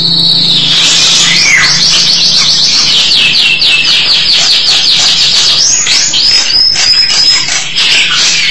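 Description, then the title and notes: Starling song as an unbroken stream of rapid, high, sweeping notes that chatter on for the whole stretch, over a faint low hum. "suara burung jalak"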